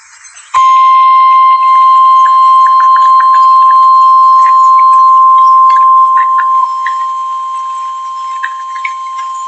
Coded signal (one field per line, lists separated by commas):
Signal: Emergency Alert System (SAME) tones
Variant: 1050 Hz attention tone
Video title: EAS Completion #26 EAS Alerts From June 9 2026 EAS 737-754